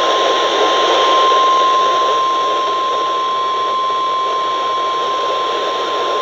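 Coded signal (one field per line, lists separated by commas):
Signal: Emergency Alert System (SAME) tones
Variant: 1050 Hz attention tone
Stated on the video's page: Severe Thunderstorm Warning received off the air from weather radio station KEC55.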